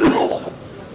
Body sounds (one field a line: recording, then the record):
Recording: coughing mixed with background sound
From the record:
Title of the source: Coughing 77